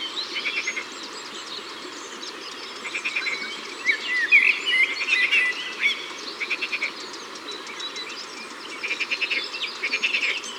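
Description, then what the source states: Eurasian blackbird song: a short fluty warbled phrase midway, set against rapid pulsed trills and twitters in the background. Ardèche, France.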